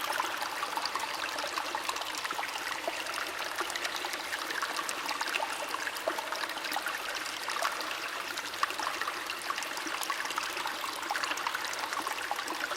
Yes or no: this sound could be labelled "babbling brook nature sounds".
yes